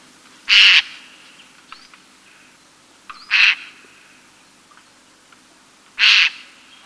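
Bird giving harsh, hissing screeches, three short noisy bursts spaced nearly three seconds apart, with quiet between them.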